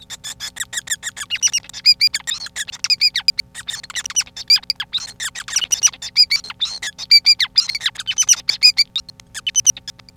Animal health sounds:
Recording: song of a male Bengalese finch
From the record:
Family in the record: son of father 5

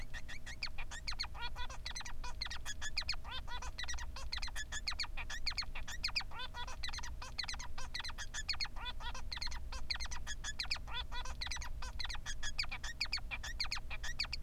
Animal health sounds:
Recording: song of a male Bengalese finch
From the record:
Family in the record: son of father 3

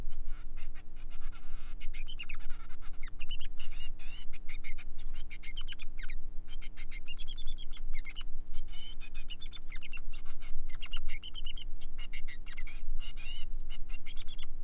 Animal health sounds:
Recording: song of a male Bengalese finch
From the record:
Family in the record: son of father 3

